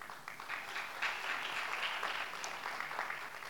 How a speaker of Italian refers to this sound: Questo è un applauso a fiducia, perché non lo conoscete, quindi... A fiducia, gli diamo il benvenuto